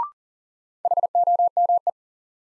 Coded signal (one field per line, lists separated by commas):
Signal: Morse code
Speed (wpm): 37 wpm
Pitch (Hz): 700 Hz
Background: none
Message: HOME